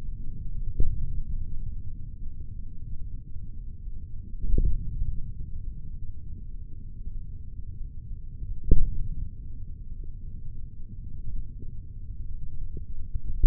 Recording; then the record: forearm muscle sounds (acoustic myography)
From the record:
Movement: hand opening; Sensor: system 3, bracelet of six PUI Audio POM-2738L microphones around the upper forearm, with dedicated amplification and filtering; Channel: 2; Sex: male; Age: 56 years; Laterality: right